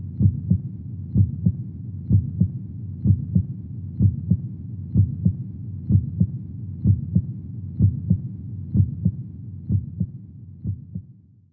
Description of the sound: Heartbeat.